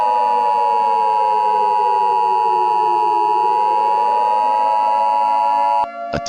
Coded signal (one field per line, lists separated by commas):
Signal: Emergency Alert System (SAME) tones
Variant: 853 and 960 Hz attention tone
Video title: THE FIREBALL (EAS SCENARIO)